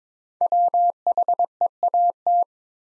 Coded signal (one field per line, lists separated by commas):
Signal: Morse code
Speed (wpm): 22 wpm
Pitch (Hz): 700 Hz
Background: none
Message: WHEAT